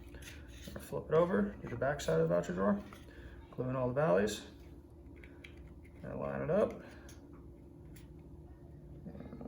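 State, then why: Not seated. A drawer panel is being lined up with the tabs of the voucher drawer frame before being pushed home, after glue has gone into all the valleys on the back side. Someone talks while quiet handling sounds and a few soft taps are heard. Nothing has snapped into place yet.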